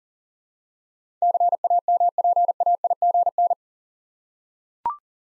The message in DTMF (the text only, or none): none